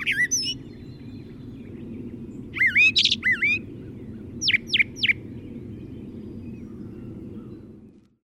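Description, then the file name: Brown thrasher song: a short high phrase, a pause, then a cluster of looping whistled notes and three quick sharp notes, over steady low background noise. "suara kicauan brown thrasher. omkicau"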